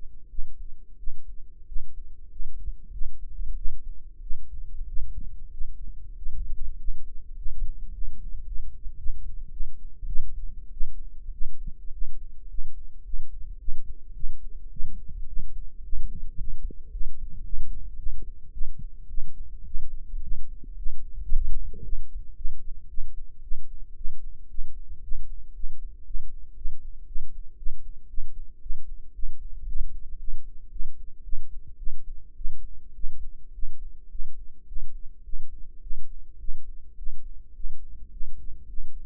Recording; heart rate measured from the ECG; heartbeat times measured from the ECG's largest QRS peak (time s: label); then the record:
heart sounds by microphone in the right ear; 106 bpm
0.29 s: heartbeat
0.98 s: heartbeat
1.66 s: heartbeat
2.30 s: heartbeat
2.92 s: heartbeat
3.55 s: heartbeat
4.21 s: heartbeat
4.87 s: heartbeat
5.52 s: heartbeat
6.16 s: heartbeat
6.78 s: heartbeat
7.36 s: heartbeat
7.92 s: heartbeat
8.46 s: heartbeat
8.98 s: heartbeat
9.51 s: heartbeat
10.07 s: heartbeat
10.71 s: heartbeat
11.31 s: heartbeat
11.92 s: heartbeat
12.48 s: heartbeat
13.04 s: heartbeat
13.59 s: heartbeat
14.14 s: heartbeat
14.70 s: heartbeat
15.27 s: heartbeat
15.83 s: heartbeat
16.38 s: heartbeat
16.91 s: heartbeat
17.44 s: heartbeat
17.97 s: heartbeat
18.52 s: heartbeat
19.08 s: heartbeat
19.65 s: heartbeat
20.21 s: heartbeat
20.76 s: heartbeat
21.30 s: heartbeat
21.83 s: heartbeat
22.35 s: heartbeat
22.88 s: heartbeat
23.41 s: heartbeat
23.95 s: heartbeat
24.48 s: heartbeat
25.02 s: heartbeat
25.53 s: heartbeat
26.05 s: heartbeat
26.55 s: heartbeat
27.06 s: heartbeat
27.56 s: heartbeat
28.08 s: heartbeat
28.60 s: heartbeat
29.13 s: heartbeat
29.66 s: heartbeat
30.18 s: heartbeat
30.70 s: heartbeat
31.23 s: heartbeat
31.77 s: heartbeat
32.35 s: heartbeat
32.94 s: heartbeat
33.53 s: heartbeat
34.09 s: heartbeat
34.66 s: heartbeat
35.23 s: heartbeat
35.81 s: heartbeat
36.38 s: heartbeat
36.96 s: heartbeat
37.54 s: heartbeat
38.11 s: heartbeat
38.67 s: heartbeat
From the record:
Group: healthy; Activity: rest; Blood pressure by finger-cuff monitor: 127/84 mmHg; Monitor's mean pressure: 97 mmHg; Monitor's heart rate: 107 bpm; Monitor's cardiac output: 8 L/min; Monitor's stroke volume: 75 mL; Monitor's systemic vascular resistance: 880 dyn s/cm5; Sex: female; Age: 19 years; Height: 163 cm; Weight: 51 kg